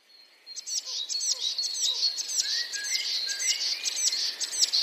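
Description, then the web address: Eurasian blue tit launching into a steady, rapid trill of high, bright notes lasting several seconds after a quiet start. "wroblowe teka spiew. wroblowe teka modraszkoteka"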